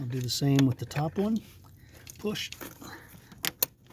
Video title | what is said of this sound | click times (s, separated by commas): 2001 chevy suburban oil sending unit remove and replace | and then it clicks | 3.6 s